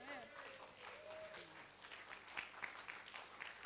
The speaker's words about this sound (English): Everyone, say big cheer